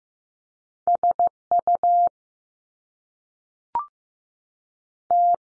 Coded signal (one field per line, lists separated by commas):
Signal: Morse code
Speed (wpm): 15 wpm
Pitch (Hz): 700 Hz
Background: none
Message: S U T